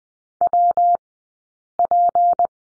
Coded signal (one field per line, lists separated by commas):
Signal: Morse code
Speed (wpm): 20 wpm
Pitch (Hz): 700 Hz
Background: none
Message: WP